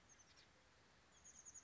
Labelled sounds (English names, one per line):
Chestnut-backed Chickadee